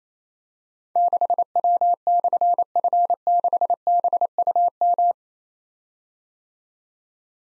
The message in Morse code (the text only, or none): 6W/F6BUM